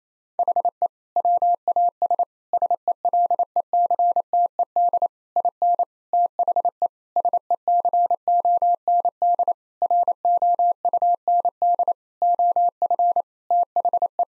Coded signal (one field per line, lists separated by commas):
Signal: Morse code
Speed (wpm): 28 wpm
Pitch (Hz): 700 Hz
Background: none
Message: HE WAS SELECTED IN THE SECOND ROUND OF THE